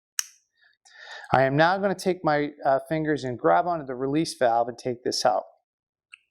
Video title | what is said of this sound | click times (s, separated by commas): 3M™ Snap™ Therapy System Detailed Application | i'm going to push this in and you're going to listen for a click | 0.2 s